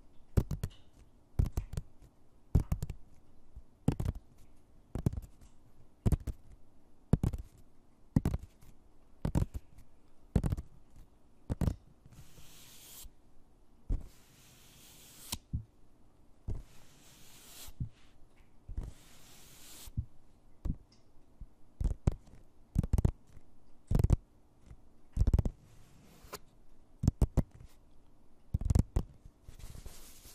Soft and hard tapping with nails and finger pads